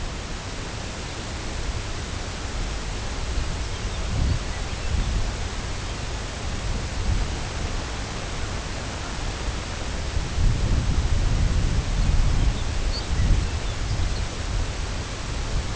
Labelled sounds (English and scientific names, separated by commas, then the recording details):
Lapland Longspur (Calcarius lapponicus)
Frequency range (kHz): Lapland Longspur (Calcarius lapponicus) 1.6-5.6 kHz
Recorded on Arctic tundra, site CORI-1, on 18 June 2018
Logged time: 04:00